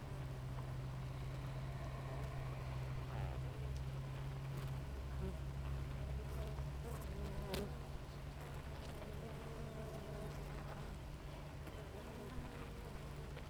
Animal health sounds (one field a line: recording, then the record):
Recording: honeybee colony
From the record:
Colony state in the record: active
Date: 28 July 2017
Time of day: 6:33